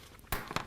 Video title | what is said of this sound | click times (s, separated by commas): S&S 4 Step Performance Program - Step 2 - Available from J&P Cycles | so I'll make sure it snaps into place | 0.3 s, 0.6 s